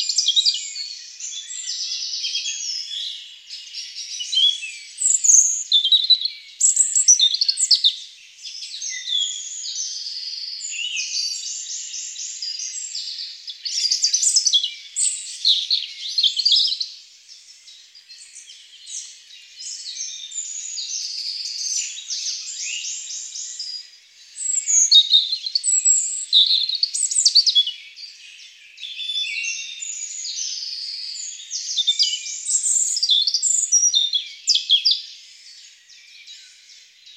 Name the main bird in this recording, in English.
European Robin